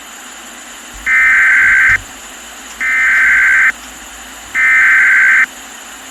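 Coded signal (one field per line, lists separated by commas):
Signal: Emergency Alert System (SAME) tones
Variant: header bursts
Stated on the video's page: Fictional EAS scenario, made with Audacity and Balabolka text-to-speech.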